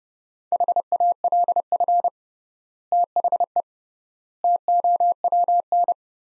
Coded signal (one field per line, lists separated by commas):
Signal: Morse code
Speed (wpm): 30 wpm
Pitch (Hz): 700 Hz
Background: none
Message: HALF THE TOWN